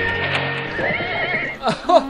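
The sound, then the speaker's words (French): A horse, which a young boy keeps making run, whinnies in a quavering, wavering call that rises and falls in pitch, followed by a few short snorting bursts near the end, with faint background noise throughout. “Ah, c'est un jeune garçon qui s'obstine à faire courir son cheval.”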